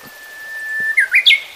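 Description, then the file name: Japanese bush warbler singing a drawn-out level whistle that breaks into a brisk, rising three-note ending. "uguisu"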